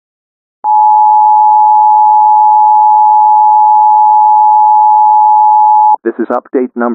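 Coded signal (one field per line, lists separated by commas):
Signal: Emergency Alert System (SAME) tones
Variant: 853 and 960 Hz attention tone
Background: speech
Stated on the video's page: Made-up radio emergency alert for a hypothetical nuclear meltdown, partly real scripts, partly invented.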